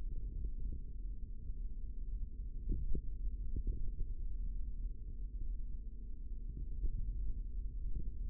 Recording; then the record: forearm muscle sounds (acoustic myography)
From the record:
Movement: finger pinch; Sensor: system 3, bracelet of six PUI Audio POM-2738L microphones around the upper forearm, with dedicated amplification and filtering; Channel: 4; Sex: male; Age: 25 years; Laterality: right